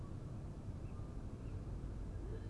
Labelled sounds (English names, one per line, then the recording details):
Tawny Owl
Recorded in Germany
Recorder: ecoPi